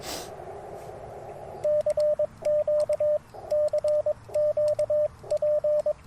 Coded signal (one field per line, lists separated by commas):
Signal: Morse code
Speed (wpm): 22 wpm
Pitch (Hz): 600 Hz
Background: radio noise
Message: CQ CQP